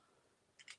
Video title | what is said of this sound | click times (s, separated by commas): Rustic Poinsettia Brushed Gold Christmas Card | cuz I don't want that marker to dry out these are alcohol markers so you really do want to um cap them when you're done and you hear that nice click | 0.7 s